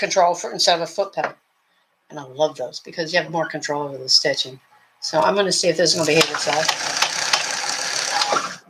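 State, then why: Partly seated. A decorative stitch cam is pressed into the cam holder of a vintage desk-model sewing machine, run by knee control instead of a foot pedal, and stitching starts to see if the cam settles. After someone talks, the machine's steady whirring stitching noise begins around 5.1 s, with one sharp ratchet-like click at 7.3 s. The cam clicks but does not drop fully into place.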